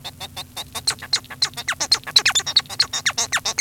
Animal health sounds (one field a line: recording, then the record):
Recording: song of a male Bengalese finch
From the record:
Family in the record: son of father 1